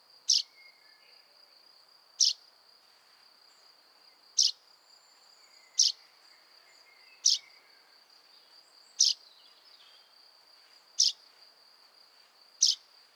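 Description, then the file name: Common chaffinch calling: eight clipped, sharp notes spaced roughly one and a half to two seconds apart, accompanied by an unbroken high-pitched buzzing tone. "Fringilla coelebs"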